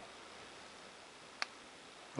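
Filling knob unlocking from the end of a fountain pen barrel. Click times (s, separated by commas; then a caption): 1.4 s. The metal filling knob at the end of a Sheaffer Snorkel fountain pen barrel is turned anti-clockwise until it clicks free, with a single short, sharp click at 1.4 s against a quiet background. The snorkel tube starts to extend from the nib, so the knob is released. A second, louder burst of sound comes right at the end.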